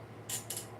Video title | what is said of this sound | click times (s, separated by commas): Tevo Tornado Build Assembly Live | Maybe it wasn't in the right spot and it just snapped into place. | 0.5 s